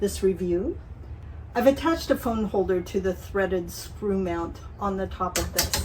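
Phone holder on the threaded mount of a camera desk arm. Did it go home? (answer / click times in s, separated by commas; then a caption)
no / none. A phone holder attached to the threaded screw mount on top of an overhead camera desk arm is handled while someone talks. Nothing has clicked into position yet by the end of the clip.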